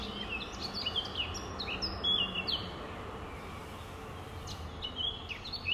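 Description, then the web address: Nightingale singing high, clear whistled notes and sharp chirps in quick varied phrases, with a constant low rumble underneath. 5 May 2020, about 05:32. "2020 05 06 nightingales. 20200505-053220"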